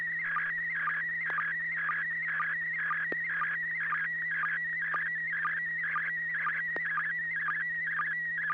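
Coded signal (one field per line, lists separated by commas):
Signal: SSTV (slow-scan television)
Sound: warbling tone sliding between pitches, with short low blips about twice a second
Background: low electrical hum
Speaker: Jacob you're up first are you ready to send an image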